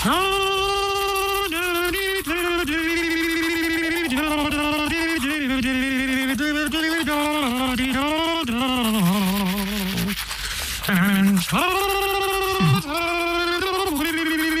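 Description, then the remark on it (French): A person sings a melody with a toothbrush in the mouth for others to recognize the song in a French quiz game, producing a muffled, wobbly, bleating tone with vibrato, steady and loud throughout, broken by brief pauses near the end. “Ah, il va falloir reconnaître sa chanson, chanter avec sa brosse à dents dans la bouche”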